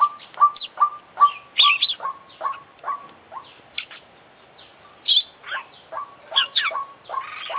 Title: KICAU KACER JUARA INTERNASIONAL FULL ISIAN KOMPLIT